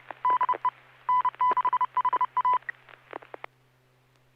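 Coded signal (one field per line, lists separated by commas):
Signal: Morse code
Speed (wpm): 30 wpm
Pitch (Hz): 1000 Hz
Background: none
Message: DE N6HA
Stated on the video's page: SSTV images sent over an amateur FM repeater on 441.300 MHz during a weekly SSTV net, using MMSSTV software.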